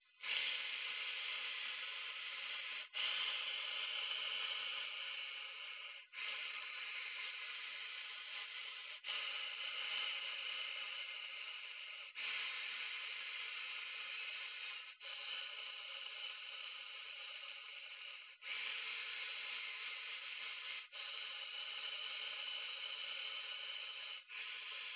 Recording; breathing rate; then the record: paced breathing near a phone; 10 breaths a minute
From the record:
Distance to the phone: 20 cm